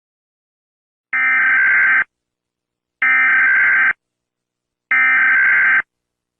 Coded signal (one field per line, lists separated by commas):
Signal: Emergency Alert System (SAME) tones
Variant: header bursts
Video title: I react to EAS alarms around the world